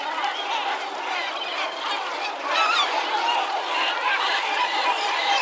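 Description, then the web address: Gull calls: many harsh, nasal cries overlapping in a constant clamour that grows slightly louder halfway through. "greenlandicbirds category gull"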